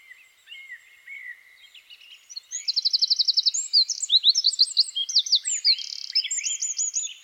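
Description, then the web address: Eurasian wren: soft high notes at first, then a loud, rapid song from around two and a half seconds, with a stuttering trill and tumbling shrill phrases. "SETE Troglodytes troglodytes"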